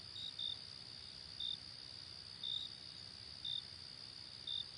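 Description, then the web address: Cricket chirps, a few sharp high notes about every second, with a steady shrill drone behind. "hobokenchicken kira. crickets"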